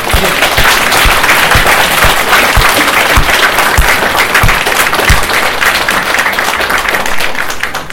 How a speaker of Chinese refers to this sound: 给我们再次热烈的掌声